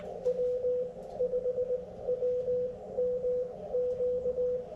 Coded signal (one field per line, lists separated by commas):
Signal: Morse code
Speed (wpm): 19 wpm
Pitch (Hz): 500 Hz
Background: radio noise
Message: W5WMQ